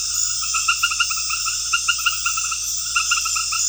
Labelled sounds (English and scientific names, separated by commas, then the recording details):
none
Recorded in pastures near Puerto Asís, Putumayo, Colombia, on 8 March 2025 at 20:00
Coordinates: 0.502, -76.324
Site GP07